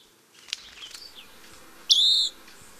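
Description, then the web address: Western wood-pewee giving a single burry, buzzy note that slurs downward and then levels off, preceded by faint soft chips. "Songs of Birds of North America Stokes. Western Wood-Pewee"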